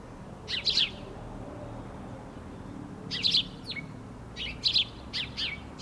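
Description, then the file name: House sparrow chirping: pairs and small bursts of harsh chirps separated by pauses of a couple of seconds, with steady background hiss. "Passer domesticus"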